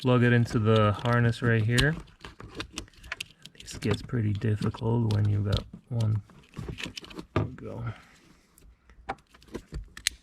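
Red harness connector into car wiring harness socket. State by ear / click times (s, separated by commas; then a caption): seated / 10.1 s. Someone talks while pushing a red wiring connector into the car's wiring harness plug during an RSNav installation for an S3/S4, with short sharp handling clicks and rattles around 2.2–3.5 s and again near 9–10 s. The connector latches with a crisp click at 10.1 s, seating fully.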